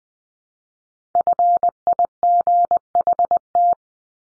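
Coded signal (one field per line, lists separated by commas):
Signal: Morse code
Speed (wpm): 20 wpm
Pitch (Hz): 700 Hz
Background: none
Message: FIGHT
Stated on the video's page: Head-copy drill at 20 wpm: each of the top 100 words ending in ING or its root word is sent in Morse, spoken, then sent again.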